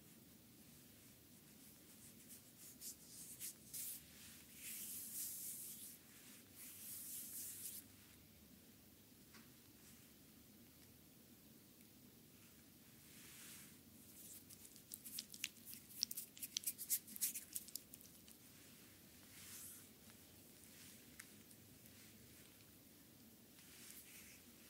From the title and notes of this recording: ASMR Foot, feet Massage with cream by Adel.